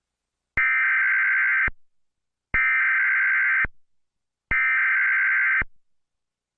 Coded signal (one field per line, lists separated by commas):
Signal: Emergency Alert System (SAME) tones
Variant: header bursts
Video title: Eas citv